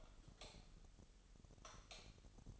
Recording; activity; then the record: daily activity, microphone in the room; light off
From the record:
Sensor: 4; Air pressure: 989.1 hPa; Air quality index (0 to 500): 211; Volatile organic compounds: 59 ppm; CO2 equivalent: 3406 ppm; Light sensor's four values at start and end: 28/94/35/36 and 28/94/35/36